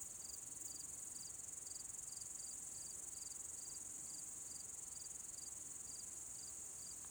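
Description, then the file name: Cricket giving fairly regular short high chirps in quick succession, with an unbroken shrill insect hum behind. "Grillen"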